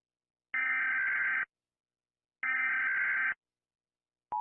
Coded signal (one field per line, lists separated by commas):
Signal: Emergency Alert System (SAME) tones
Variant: header bursts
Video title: 나라별 재난 경보음(EAS) 평가